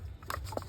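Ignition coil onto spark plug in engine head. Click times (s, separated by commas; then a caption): 0.3 s. An ignition coil pack is slid down into the spark plug well of the aluminium cylinder head on a 335 N54 engine and pushed onto the spark plug. After a faint tick at 0.2 s, a sharp pop at 0.3 s marks the coil seating onto the plug, followed by a couple of smaller clicks near 0.6 s over a low background hum.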